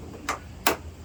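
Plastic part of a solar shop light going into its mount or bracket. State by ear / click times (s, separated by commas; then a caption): seated / 0.7 s. A plastic part of a Hyper Tough solar shop light is pressed into its mount or bracket. A faint tick at about 0.3 s comes before a sharp, bright snap at 0.7 s as the part pops into place and seats.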